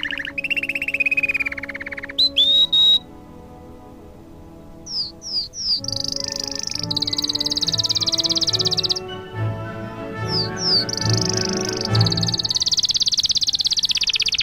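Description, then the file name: Canary trilling: a falling rolled phrase and a sharp whistle, a short pause, then falling whistles leading into long fast high trills, with music underneath. Canary song combined with music. "suara kenari dan musik"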